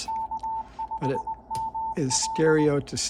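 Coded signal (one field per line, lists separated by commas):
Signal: Morse code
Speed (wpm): 20 wpm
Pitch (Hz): 890 Hz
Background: speech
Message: K5ML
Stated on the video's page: CW sent with a homemade key built from old relay contacts, on an Elecraft KBT1 / K1 QRP rig.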